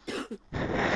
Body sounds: coughing mixed with background sound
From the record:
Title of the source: 60 coughing still (deep and wet cough)

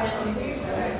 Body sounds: background sound without coughing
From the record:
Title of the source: 40 min - Ambience sounds UNIVERSITY lunchroom chatting

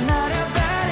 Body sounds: coughing mixed with background sound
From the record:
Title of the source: Female coughing - Sound effects

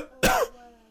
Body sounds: coughing mixed with background sound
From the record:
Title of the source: Coughing 51

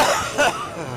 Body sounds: coughing mixed with background sound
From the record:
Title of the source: Heavy cold and sore throat coughing.

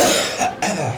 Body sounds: coughing mixed with background sound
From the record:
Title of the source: Cough Around the Clock!

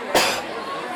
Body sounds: coughing mixed with background sound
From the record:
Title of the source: 61 morning phlegmy cough...again

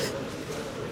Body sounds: coughing mixed with background sound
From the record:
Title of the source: 55 gaggy wet cough

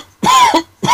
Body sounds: coughing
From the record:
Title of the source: Dry Coughing Fit in the Afternoon.

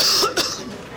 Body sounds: coughing mixed with background sound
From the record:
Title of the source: November cold (wet coughing)

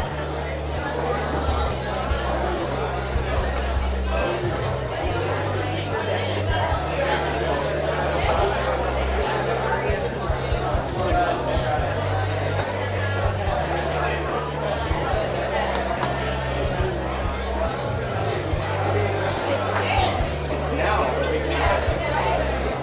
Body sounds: background sound without coughing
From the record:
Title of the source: CITY SOUNDS Busy Bar in the Evening Night - 2 HOURS of Ambiance for Relaxation

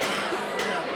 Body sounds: coughing mixed with background sound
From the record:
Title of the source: 64 coughing, allergies, singing lungs

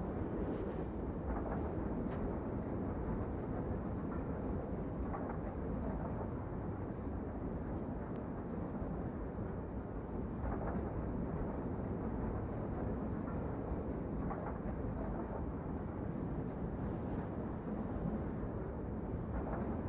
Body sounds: background sound without coughing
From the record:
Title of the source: Train Ride Ambience ambient white noise for sleeping, focus, studying, reading

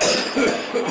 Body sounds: coughing mixed with background sound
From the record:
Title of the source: Spring Cold Coughing 3

